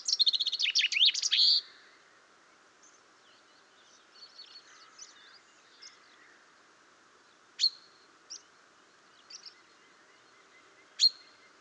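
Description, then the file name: Common chaffinch calling: a dense, bright burst of rapid high notes opens, then faint twitters and a few single sharp, high chink notes spaced seconds apart. "Fringilla coelebs"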